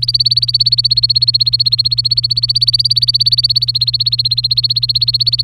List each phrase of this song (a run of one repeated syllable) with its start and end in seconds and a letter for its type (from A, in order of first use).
0.00-5.44 A